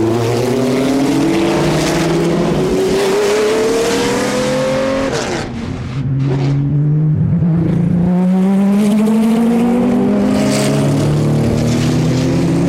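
Vintage race car engines roar continuously, pitch climbing steadily, briefly dropping near five seconds as one car shifts, then rising again.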